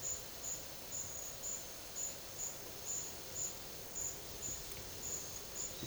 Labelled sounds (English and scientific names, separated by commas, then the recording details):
none
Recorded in pastures near Puerto Asís, Putumayo, Colombia, on 8 March 2025 at 12:00
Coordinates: 0.487, -76.322
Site G077